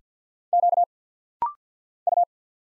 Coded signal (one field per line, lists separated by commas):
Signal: Morse code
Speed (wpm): 48 wpm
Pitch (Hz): 700 Hz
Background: none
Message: Q U